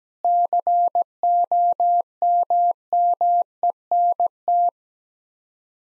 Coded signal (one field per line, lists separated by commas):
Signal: Morse code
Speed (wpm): 17 wpm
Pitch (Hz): 700 Hz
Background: none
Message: COMMENT